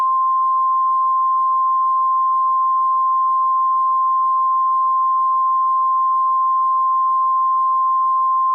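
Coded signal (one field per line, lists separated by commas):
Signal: Emergency Alert System (SAME) tones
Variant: 1050 Hz attention tone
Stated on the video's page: Fictional EAS scenario depicting a severe weather outbreak in central Alabama.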